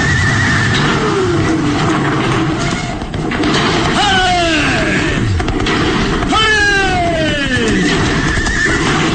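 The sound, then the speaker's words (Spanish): Horses pulling a carriage gallop under a steady, loud rumbling clatter as Kalimán drives them across a collapsing bridge over an abyss, and two shrill whinnies rise and fall over it, one mid-way and another a couple of seconds later. “El puente se derrumba en su totalidad justo en el momento en que Calimán impulsa a los caballos a llegar hasta el otro lado.”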